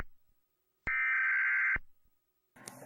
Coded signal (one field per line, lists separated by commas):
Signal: Emergency Alert System (SAME) tones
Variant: header bursts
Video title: Eas mock: Hey Jerk!